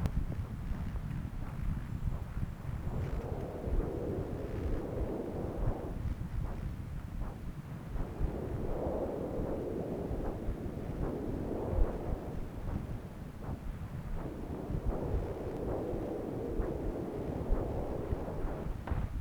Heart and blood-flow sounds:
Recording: Doppler ultrasound of blood flow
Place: right subclavian vein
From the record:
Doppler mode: continuous wave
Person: adult scuba diver, at rest before a dive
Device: O'Dive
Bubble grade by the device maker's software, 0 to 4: 0

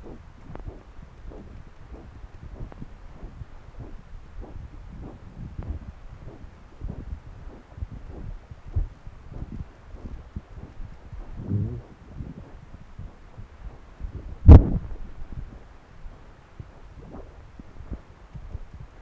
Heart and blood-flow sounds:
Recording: Doppler ultrasound of blood flow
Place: right subclavian vein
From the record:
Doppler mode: continuous wave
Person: adult scuba diver, at rest before a dive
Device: O'Dive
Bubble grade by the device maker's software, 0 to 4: 1

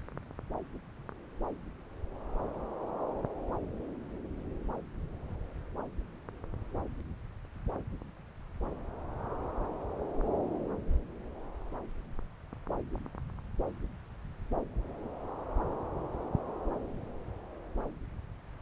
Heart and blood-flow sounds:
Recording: Doppler ultrasound of blood flow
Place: left subclavian vein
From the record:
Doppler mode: continuous wave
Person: adult scuba diver, at rest before a dive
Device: O'Dive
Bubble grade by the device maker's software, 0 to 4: 0

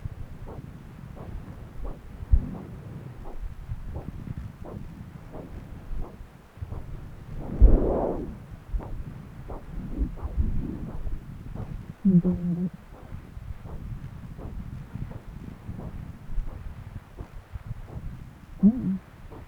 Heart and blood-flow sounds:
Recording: Doppler ultrasound of blood flow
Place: right subclavian vein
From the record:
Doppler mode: continuous wave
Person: adult scuba diver, at rest before a dive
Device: O'Dive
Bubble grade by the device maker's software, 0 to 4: 0

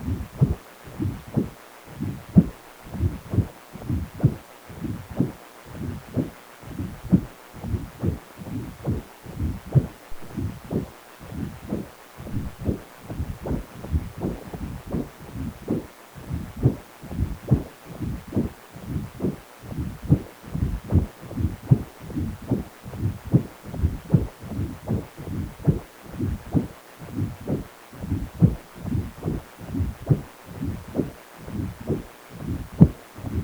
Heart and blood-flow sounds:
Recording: Doppler ultrasound of blood flow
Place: precordium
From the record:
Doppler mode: continuous wave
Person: healthy adult, 18 to 50 years, no heart murmur, not diving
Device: 2.5 MHz transducer

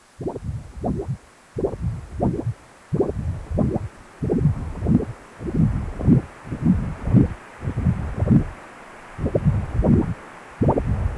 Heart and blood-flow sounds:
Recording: Doppler ultrasound of blood flow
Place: precordium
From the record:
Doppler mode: continuous wave and pulsed wave in the uncut recording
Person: healthy adult, 18 to 50 years, no heart murmur, not diving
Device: 2.5 MHz transducer

